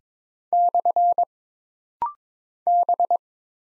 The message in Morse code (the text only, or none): / B